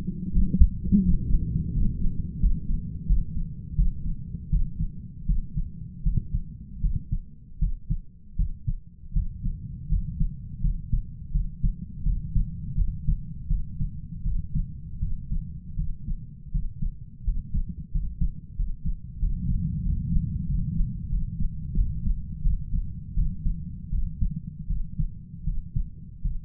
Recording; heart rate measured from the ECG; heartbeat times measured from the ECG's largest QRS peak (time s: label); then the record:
heart sounds by stethoscope; 83 bpm
0.31 s: heartbeat
1.02 s: heartbeat
1.73 s: heartbeat
2.40 s: heartbeat
3.06 s: heartbeat
3.76 s: heartbeat
4.50 s: heartbeat
5.26 s: heartbeat
6.03 s: heartbeat
6.81 s: heartbeat
7.59 s: heartbeat
8.36 s: heartbeat
9.13 s: heartbeat
9.89 s: heartbeat
10.61 s: heartbeat
11.32 s: heartbeat
12.03 s: heartbeat
12.75 s: heartbeat
13.48 s: heartbeat
14.24 s: heartbeat
15.00 s: heartbeat
15.76 s: heartbeat
16.52 s: heartbeat
17.24 s: heartbeat
17.92 s: heartbeat
18.56 s: heartbeat
19.19 s: heartbeat
19.83 s: heartbeat
20.46 s: heartbeat
21.10 s: heartbeat
21.74 s: heartbeat
22.42 s: heartbeat
23.14 s: heartbeat
23.90 s: heartbeat
24.67 s: heartbeat
25.44 s: heartbeat
26.22 s: heartbeat
From the record:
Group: healthy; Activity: rest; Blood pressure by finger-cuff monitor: 118/77 mmHg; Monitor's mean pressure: 93 mmHg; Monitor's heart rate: 82 bpm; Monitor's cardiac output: 6.9 L/min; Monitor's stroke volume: 86 mL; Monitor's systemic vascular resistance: 960 dyn s/cm5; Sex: male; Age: 33 years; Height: 179 cm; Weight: 80.4 kg